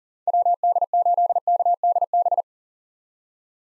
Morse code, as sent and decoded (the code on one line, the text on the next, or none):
.-- -.. ---.. -.- -.. -...
WD8KDB